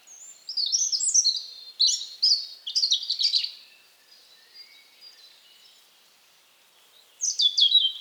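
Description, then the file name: European robin singing a rapid series of high twittery notes, then a long quiet gap before a short bright phrase resumes. "Erithacus rubecula"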